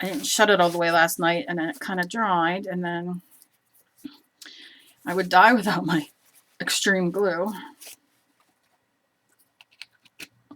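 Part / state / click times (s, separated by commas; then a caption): cap onto glue stick / seated / 9.8 s, 10.2 s. Someone talks while wiping dried glue off a glue stick that was not shut all the way the night before, then pushes the plastic cap back onto the glue stick. Small clicks are heard at 9.8 s and 10.2 s as the cap snaps closed and seats fully.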